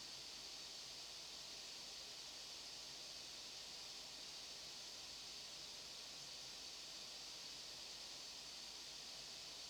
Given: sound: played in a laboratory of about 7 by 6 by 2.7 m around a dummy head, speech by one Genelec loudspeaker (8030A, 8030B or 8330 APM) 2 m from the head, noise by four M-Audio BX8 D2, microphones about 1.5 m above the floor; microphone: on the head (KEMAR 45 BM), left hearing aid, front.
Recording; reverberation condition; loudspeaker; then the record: white noise; low; four, about 170 cm from the corners of the room and facing them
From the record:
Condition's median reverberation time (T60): about 310 ms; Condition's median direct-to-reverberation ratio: about 3.5 dB